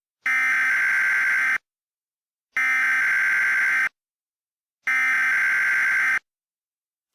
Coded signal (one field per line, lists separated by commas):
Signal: Emergency Alert System (SAME) tones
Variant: header bursts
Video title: EAS Mock 10: Visibility Zero